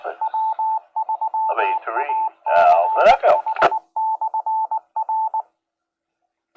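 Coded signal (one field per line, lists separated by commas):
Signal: Morse code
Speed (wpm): 19 wpm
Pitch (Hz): 880 Hz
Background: speech, radio noise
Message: W3ACH/R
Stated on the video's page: Easter Sunday night net, apparently on a Yaesu FT-891 with a random wire inverted V antenna and manual tuner.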